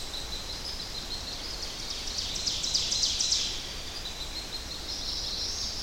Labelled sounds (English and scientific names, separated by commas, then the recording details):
Ovenbird (Seiurus aurocapilla) song
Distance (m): 50 m
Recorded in boreal forest in Alberta, Canada, on 10 June 2016 at 08:55
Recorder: SongMeter 3, array SBT-3-39
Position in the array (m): 271 m, 158 m
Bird 19